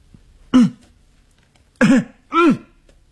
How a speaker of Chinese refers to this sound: 但是他必须得下楼啊，他咬着牙走过去，他大声的咳嗽。